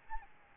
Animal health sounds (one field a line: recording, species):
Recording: mosquito wingbeat signal from an infrared sensor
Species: Aedes albopictus